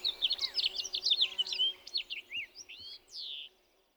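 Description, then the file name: House finch song: a rapid, jumbled warble of high twittering notes ending in a long slurred down-swept note, with faint low hum beneath. "John Neville - House Finch"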